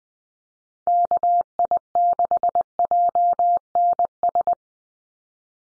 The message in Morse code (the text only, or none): KI6JNS